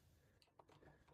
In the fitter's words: to unlatch it by pressing the latch and then grab it and remove it.